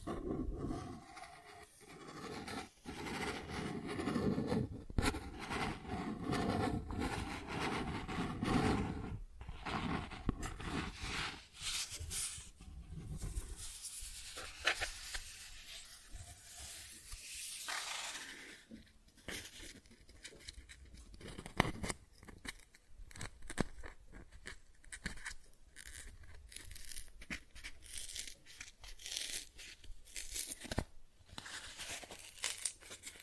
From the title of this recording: Cardboard Scratching, Tracing, Tearing